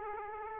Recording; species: mosquito wingbeat signal from an infrared sensor; Aedes aegypti